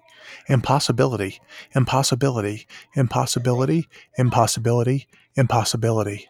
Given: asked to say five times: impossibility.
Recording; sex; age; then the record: repeated word; male; 40 to 49 years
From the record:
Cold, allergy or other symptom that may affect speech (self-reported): no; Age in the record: 45 years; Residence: New Jersey, United States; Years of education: 16